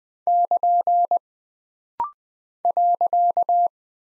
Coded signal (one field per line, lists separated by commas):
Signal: Morse code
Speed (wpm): 20 wpm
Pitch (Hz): 700 Hz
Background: none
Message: <KN> .